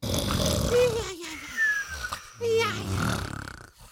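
Loud, rough, rumbling snores come in two bursts over about four seconds, with gliding whistly tones riding on top. This is an adult's imitation of heavy snoring; snoring like this may be a symptom of obstructive sleep apnea.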